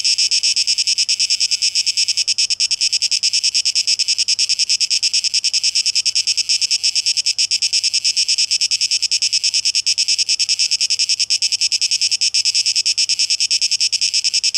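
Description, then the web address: Cicada song as an unbroken shrill drone with fast regular throbbing, steady in loudness throughout. Recorded 12 August 2023; tape echo mix. "rauschpartikel 2023-08-12 Zikaden"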